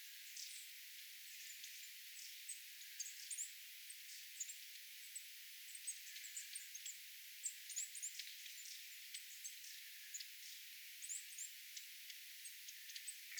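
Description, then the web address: Long-tailed tit flock calls: many thin, high, short notes and brief buzzy bursts scattered throughout over a steady hiss. Calls of a small flock of tits including long-tailed tits, 27 January 2026. "paivat 27 1 2026 pikkulintuparvi pyrstotiais tiaisparven aantelya"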